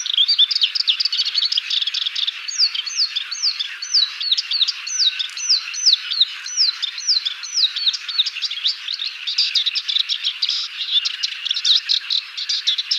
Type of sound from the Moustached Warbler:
song